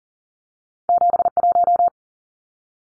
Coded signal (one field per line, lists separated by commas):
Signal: Morse code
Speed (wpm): 40 wpm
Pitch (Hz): 700 Hz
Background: none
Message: 71